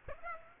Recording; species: mosquito wingbeat signal from an infrared sensor; Aedes aegypti